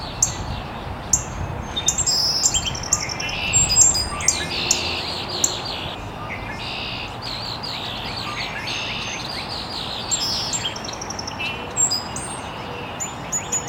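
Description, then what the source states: Birds: mixed bird chorus of many short high chirps and whistles overlapping throughout, some louder notes standing out, over a steady background hiss. Birds chirping very early in the morning in an estuary.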